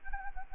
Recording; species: mosquito wingbeat signal from an infrared sensor; Anopheles arabiensis